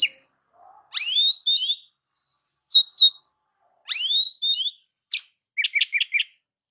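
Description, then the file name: Oriental magpie-robin song of rising swept whistles and warbles, a harsh note, then a quick series of short chirps. "Suara-Kacer-Versi-7"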